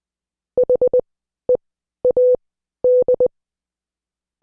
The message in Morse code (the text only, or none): HEAD